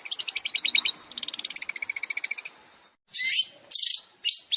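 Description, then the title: Long-tailed shrike song: a fast series of sharp, high repeated notes, then a rattling trill, a pause, and several harsh, scratchy bursts. Long-tailed shrike song compiled as a masteran training track for other shrikes, featuring full tembakan (rapid bursts). "MASTERAN TERBAIK CENDET FULL TEMBAKAN"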